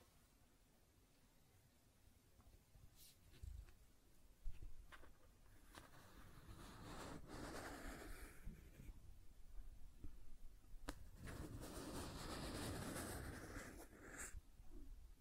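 Scratching and tracing sounds, starting sparse with a few sharp clicks and taps in the first seconds, then building into steady rasping strokes from about six seconds on. The scratching grows denser and brighter toward the end, with crisp hisses and occasional sharp knocks.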